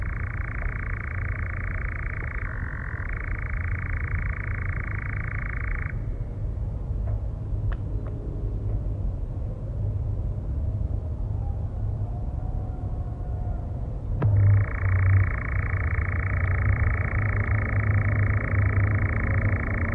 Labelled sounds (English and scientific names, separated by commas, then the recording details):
Eurasian Nightjar (Caprimulgus europaeus)
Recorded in the wild
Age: adult
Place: Federaun, AT
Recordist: Brunner, Thomas
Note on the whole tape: Aufnahme: Mitte Juni, Nähe Federaun bei Villach, Kärnten